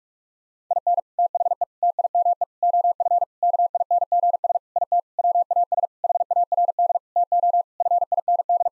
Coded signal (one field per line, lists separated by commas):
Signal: Morse code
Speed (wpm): 46 wpm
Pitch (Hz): 700 Hz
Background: none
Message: IN THE TIME OF KINGS IT WAS HARD TO FIND